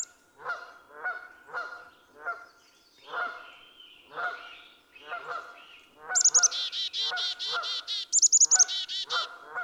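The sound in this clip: Black-capped chickadee giving chick-a-dee calls in the second half: high notes, then rapid runs of buzzy dee notes, after steady rhythmic goose honking that continues underneath.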